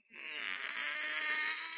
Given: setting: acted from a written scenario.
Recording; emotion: vocal sound without words; pain